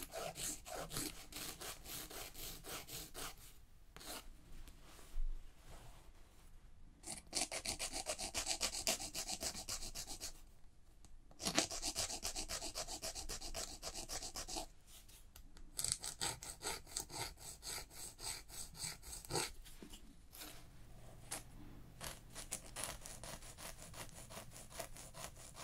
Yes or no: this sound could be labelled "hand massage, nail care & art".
yes